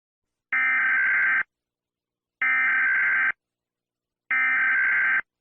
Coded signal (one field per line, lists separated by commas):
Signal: Emergency Alert System (SAME) tones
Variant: header bursts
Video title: eas.avi